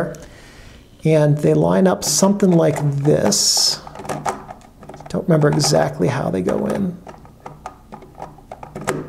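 Someone talks while fitting an older-generation NC-series lens into the bayonet mount of a Mamiya ZE-X 35mm film SLR body, turning it clockwise until it locks. Faint handling clicks and scrapes follow the speech, ending in a sharp click at 8.9 s as the lens seats in the mount.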